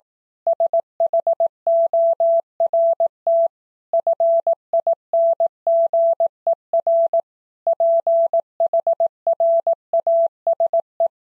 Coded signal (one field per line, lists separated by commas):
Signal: Morse code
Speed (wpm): 18 wpm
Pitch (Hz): 670 Hz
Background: none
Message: SHORT FINGER PHRASE